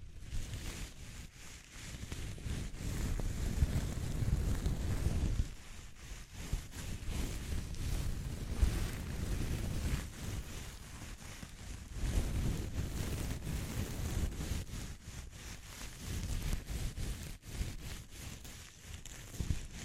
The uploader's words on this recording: ASMR Exploring Textures (No Talking).